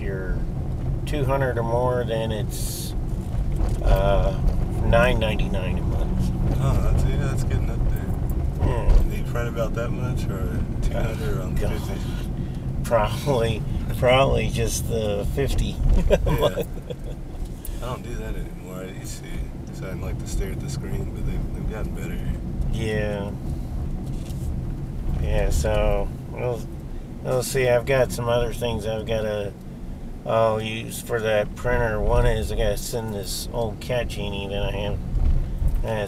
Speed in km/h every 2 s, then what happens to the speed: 32, 32, 32, 34, 34, 31, 26, 24, 26, 27, 27, 27, 26, 24, 23, 21, 23, 23.
0-8 steady at about 32. 8-13 slows to 24. 13-36 steady at about 24.